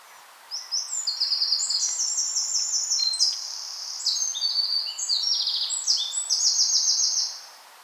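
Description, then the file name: Eurasian wren delivering a long, shrill, tumbling song of quick notes and rattling trills that stops abruptly near the end. "Troglodytes troglodytes"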